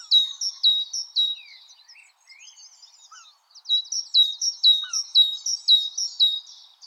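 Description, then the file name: Great tit song: bright repeated two-note phrases, a short break with a few faint chirps and slurred notes, then another fast run of phrases. "Parus major"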